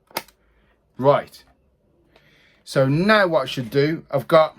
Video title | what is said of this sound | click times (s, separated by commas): Loading Film into Medium Format 6X6 BRONICA SQ-AM Film Camera #photography | It's lined up now. Closed. Wait for the click. | 0.2 s